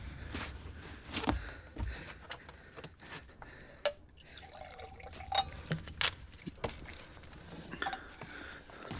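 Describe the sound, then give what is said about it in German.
Water pours with a soft, uneven trickle, broken by scattered sharp drips and small splashes at irregular intervals. The sound stays fairly quiet throughout, with no voices. “Bringst du mir Wasser?”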